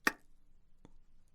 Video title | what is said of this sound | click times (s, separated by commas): WCS Video 3 How to Install Solar Panel May 2016 | you hear the click it is properly connected | 0.1 s